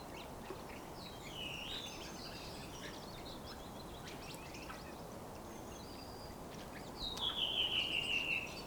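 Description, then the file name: Common chaffinch heard through steady hiss, with scattered faint high chirps early on and a clear fast trilled phrase sliding downward near the end. "Fringilla coelebs"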